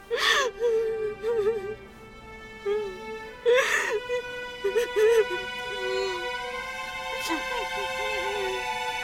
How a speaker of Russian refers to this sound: Мать плачет.